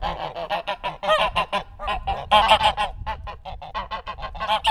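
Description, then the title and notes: Goose: geese honking loudly, a dense overlapping chorus of nasal honks in quick succession throughout, with several birds calling at once. Loud geese recorded in Langel, Cologne, Germany. "Langel, Köln, Deutschland - Gänse. Laute Gänse. Loud Goose"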